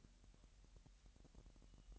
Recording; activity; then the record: daily activity, microphone in the room; take from stove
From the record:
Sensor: 3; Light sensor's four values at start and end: 6/15/6/6 and 6/15/6/6